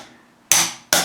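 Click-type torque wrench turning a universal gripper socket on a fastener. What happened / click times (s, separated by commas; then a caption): Torque wrench clicks at its setting / 0.5 s, 0.9 s. A click-type torque wrench turns a gripper-style universal socket on a fastener until it reaches its setting of about 30 Nm. Two sharp metallic clicks sound at 0.5 s and 0.9 s, each ringing briefly before fading. The wrench clicks at its setting both times.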